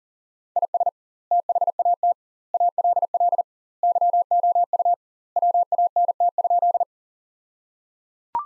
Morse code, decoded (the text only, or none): IS THAT ALL YOU WANT?